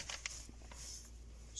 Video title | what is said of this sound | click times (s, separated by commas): Alfa Romeo Mito 2008 - 2018 how to fully remove factory radio & part numbers for aftermarket upgrade | And what we're going to do with these is quite literally pop them in the holes that you see here until they click. | 0.3 s